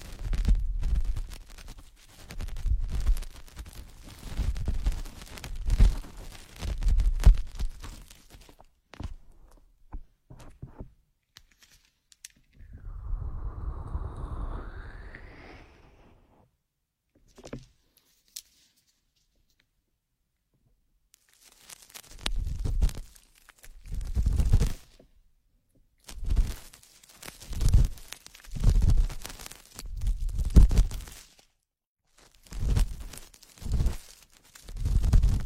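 Ear picking: scratchy, rustling bursts of rubbing and scraping in quick clusters for the first nine seconds, then a smoother sweeping rub around 13–16 seconds. After a near-silent gap, sharp crackling scrapes return from about 22 seconds, coming in rapid repeated strokes to the end.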